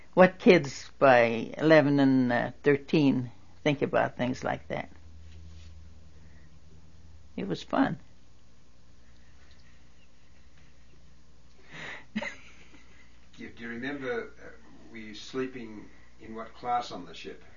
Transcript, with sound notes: but kids, by eleven and thirteen, don't think about things like that. It was fun. (She laughs.)
Do you remember, were you sleeping in what class on the ship.